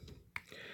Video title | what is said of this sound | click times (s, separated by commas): MAKETOYS MP SCALE METEOR AKA STARSCREAM | and then push this forward and lock it in place | 0.4 s